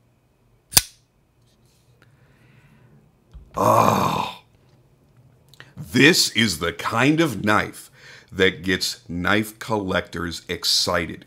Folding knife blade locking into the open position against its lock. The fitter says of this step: a matter of fact i'm gonna bring it up right now up to my microphone so you can hear it lock up